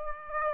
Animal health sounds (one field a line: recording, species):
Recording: mosquito wingbeat signal from an infrared sensor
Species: Aedes aegypti